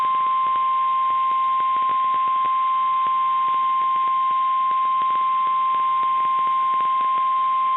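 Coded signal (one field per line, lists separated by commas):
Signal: Emergency Alert System (SAME) tones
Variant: 1050 Hz attention tone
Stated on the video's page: Real severe thunderstorm warning with valid EAS tones and headers.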